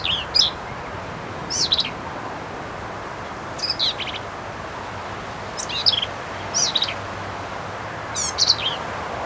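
Black-capped vireo singing short, varied phrases of squeaky, harsh notes, repeated roughly every two seconds over constant background hiss.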